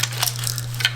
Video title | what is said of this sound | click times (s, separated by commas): Wiring The HOLLEY TERMINATOR EFI In The LS Swapped ROLLS ROYCE | I think it clicked in. | 0.9 s